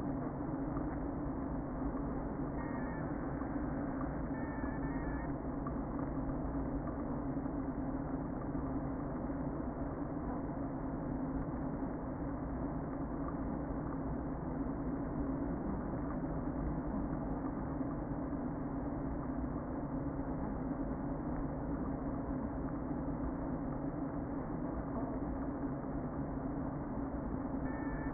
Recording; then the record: honeybee colony, microphone inside the hive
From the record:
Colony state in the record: queen present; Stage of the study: before two queens were removed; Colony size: about 60,000 bees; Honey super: yes